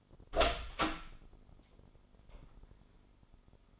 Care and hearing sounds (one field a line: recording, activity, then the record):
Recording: daily activity, microphone in the room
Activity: open door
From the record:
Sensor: 5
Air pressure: 996.3 hPa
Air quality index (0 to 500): 35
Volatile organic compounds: 1 ppm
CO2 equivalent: 592 ppm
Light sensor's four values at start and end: 43/101/42/44 and 43/100/42/44